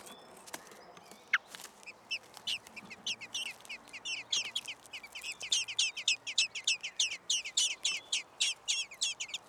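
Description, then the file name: Common blackbird giving sharp chinking notes, sparse at first, then building into a loud, rapid, steady series of roughly three to four per second. "Turdus merula"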